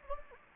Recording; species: mosquito wingbeat signal from an infrared sensor; Anopheles gambiae